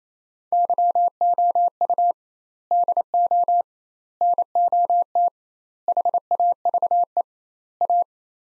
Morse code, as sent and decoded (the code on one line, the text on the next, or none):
-.-- --- ..- / -.. --- / -. --- - / .... .- ...- . / .-
YOU DO NOT HAVE A